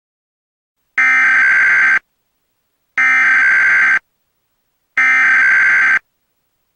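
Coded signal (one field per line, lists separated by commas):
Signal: Emergency Alert System (SAME) tones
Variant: header bursts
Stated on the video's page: Valid EAS tones in a fictional Kaiju Required Monthly Test mock, recreated with a weather radio station ID and a Midland WR400 advisory tone.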